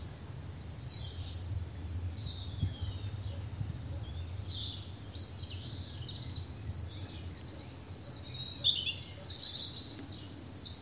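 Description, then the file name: European robin singing a bright, high thin phrase, then softer notes, then a tumbling run of rapid trilled notes, against low rumble. "Erithacus rubecula"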